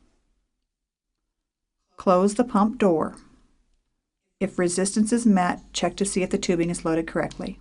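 IV tubing is being handled at the plastic door of a volumetric infusion pump while someone talks from about 2.0 s to 3.5 s and again from 4.4 s to the end, after a quiet start. The tubing has not seated and the pump door has not clicked shut yet.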